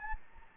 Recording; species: mosquito wingbeat signal from an infrared sensor; Anopheles gambiae